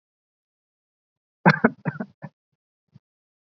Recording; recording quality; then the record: heavy voluntary cough; poor, much background noise or distortion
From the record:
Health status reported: COVID-19 positive, mild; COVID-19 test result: positive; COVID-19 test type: RT-PCR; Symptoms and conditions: cough, fever, fatigue, muscle pain, asthma, hypertension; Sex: male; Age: 28 years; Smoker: no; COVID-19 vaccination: both doses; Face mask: worn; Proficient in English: yes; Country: India